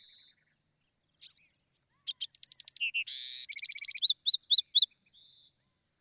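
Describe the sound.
Bewick's wren song: thin whistled notes, then rapid buzzy trills and a harsh burst, ending with sharp repeated chips and a soft whistled tail.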